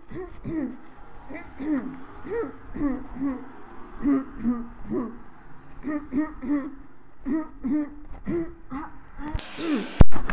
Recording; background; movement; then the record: throat clearing; traffic; walking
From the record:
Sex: female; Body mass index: 21.8 kg/m2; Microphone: on the chest, facing the body